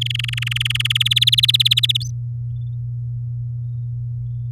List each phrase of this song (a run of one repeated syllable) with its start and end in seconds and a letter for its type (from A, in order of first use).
0.01-0.97 A, 1.00-1.97 B